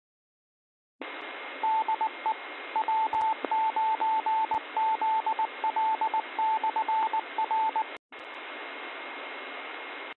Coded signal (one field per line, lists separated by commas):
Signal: Morse code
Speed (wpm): 19 wpm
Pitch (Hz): 880 Hz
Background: radio noise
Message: DE W9ZL/R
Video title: FOX CITIES AMATEUR RADIO, WEEKLY NET, WEDNESDAY, 2024 01 03 19 59 57